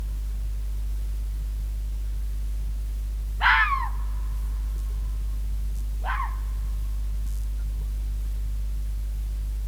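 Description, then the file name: Red fox calls: two hoarse, screeching barks about two and a half seconds apart, the second weaker, with a low droning hum throughout. "Rode vos - Sound Cloud - Beeld en Geluid"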